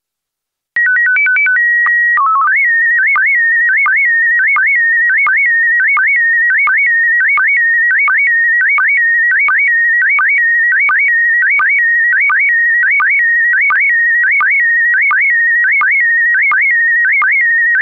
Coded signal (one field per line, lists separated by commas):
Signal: SSTV (slow-scan television)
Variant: PD 90